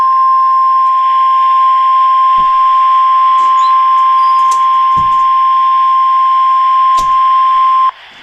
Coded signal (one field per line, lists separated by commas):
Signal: Emergency Alert System (SAME) tones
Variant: 1050 Hz attention tone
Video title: Severe Thunderstorm Warning (EAS #370)